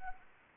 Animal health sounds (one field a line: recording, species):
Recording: mosquito wingbeat signal from an infrared sensor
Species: Anopheles arabiensis